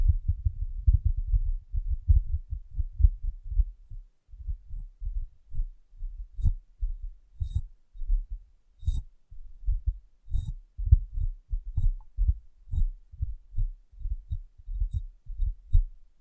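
Soft, low thuds of tapping on a glass brain, quick and crowded for the first four seconds, then settling into a steady beat of about two taps per second. A few harder knocks arrive with faint, thin clicks riding on top.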